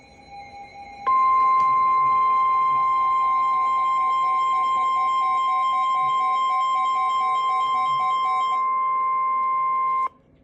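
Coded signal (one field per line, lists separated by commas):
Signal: Emergency Alert System (SAME) tones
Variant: 1050 Hz attention tone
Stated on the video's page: Severe Thunderstorm Warning from weather radio station KIG86 Columbus, Ohio.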